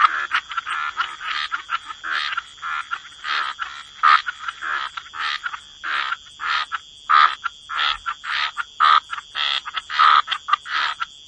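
Frog chorus, quick buzzy croaks in a fast irregular stream over a steady high tone.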